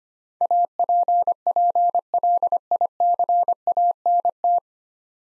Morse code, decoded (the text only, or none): APPLICANT